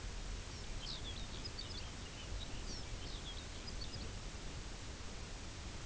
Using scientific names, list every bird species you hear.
Calcarius lapponicus